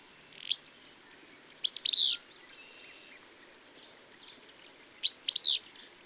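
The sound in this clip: Bird song: high chirped phrases of quick sweeping notes, repeated a few times, over low steady hiss.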